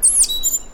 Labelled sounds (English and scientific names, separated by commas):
Stitchbird (Notiomystis cincta) song